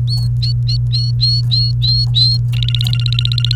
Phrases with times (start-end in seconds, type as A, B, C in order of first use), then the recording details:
0.07-2.37 A, 2.53-3.55 B. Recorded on 30 April 2018 at 08:40. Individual llb3